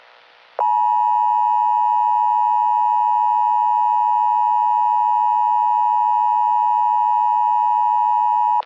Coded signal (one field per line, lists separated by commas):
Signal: Emergency Alert System (SAME) tones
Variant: 853 and 960 Hz attention tone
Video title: EAS Mock #16 - Another Required Monthly Test